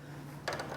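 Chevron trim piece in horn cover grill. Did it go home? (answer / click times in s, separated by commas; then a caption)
yes / 0.5 s. A custom-color plastic chevron trim piece is pushed with two fingers into the horn cover grill of a white Vespa GTS. After a low steady hum, a single sharp snap sounds at 0.5 s as the chevron seats in place.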